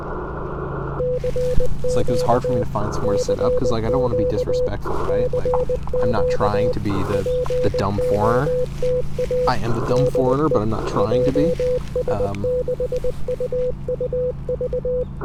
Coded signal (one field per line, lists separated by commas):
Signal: Morse code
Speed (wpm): 21 wpm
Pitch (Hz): 500 Hz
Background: speech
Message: CQ CQ CQ POTA DE JS6UUV